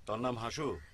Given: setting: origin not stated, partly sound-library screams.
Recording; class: one-second piece from a danger detection set; normal situation